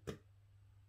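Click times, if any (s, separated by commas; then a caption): 0.1 s. A plastic bulldog's body on a toy's base is pressed down and turned forward into its sleeping set position. A single faint tick sounds at 0.1 s, followed by a low steady hum. The dog body clicks and seats in place.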